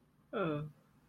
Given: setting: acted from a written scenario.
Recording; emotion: vocal sound without words; sympathy